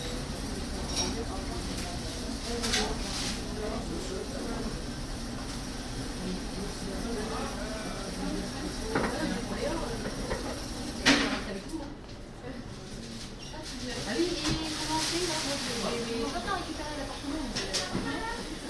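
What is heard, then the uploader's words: Busy bakery interior with a steady murmur of overlapping voices and a low continuous hum underneath. Short clinks and clatter of cups and counter items pop up now and then, with a brief sharp knock near eleven seconds and a hissing burst around fifteen seconds. Interieur of 'Paul' Rue des Manneliers, Lille. Ended up in a bakery for a 'chausson au pomme' and a coffee.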